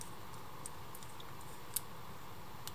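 Small 3D-printed plastic parts are handled and fitted against the body of a Powermaster Optimus Prime version 2.5 transforming robot figure, giving a few faint, sharp ticks over a steady background hum, the loudest near 1.8 s. Nothing has seated or clicked into place yet; the clip ends just before the part goes home.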